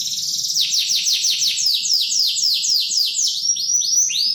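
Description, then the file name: Canary song: a rapid series of descending whistled notes sweeping down from high pitch, steady and loud throughout. Standard canary song. "suara kicauan kenari standar. omkicau"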